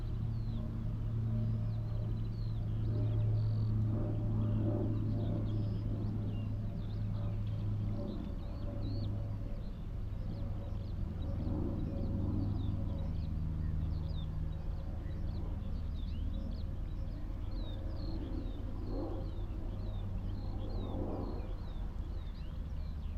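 A marshland afternoon, held under a steady low rumble that sits beneath everything and eases slightly after about ten seconds. Short, bright bird chirps flicker repeatedly throughout, with a few fuller calls rising near 12, 19 and 21 seconds.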